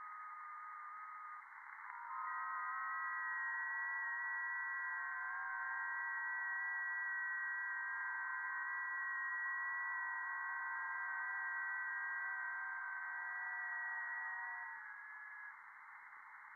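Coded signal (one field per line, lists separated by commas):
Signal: FT8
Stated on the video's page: Real over-the-air FT8 on HF via a 40m NVIS dipole, not SDR or simulation.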